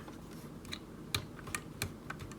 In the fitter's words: here it click there like right here you hit a little point where you have to push it past